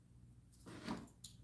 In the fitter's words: This is what makes it like actually snap into place.